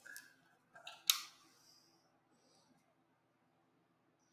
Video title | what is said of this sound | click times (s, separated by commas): How To Connect Cisco Switches With Fiber Super Fast! | You should get another satisfying click as they lock in. | 1.1 s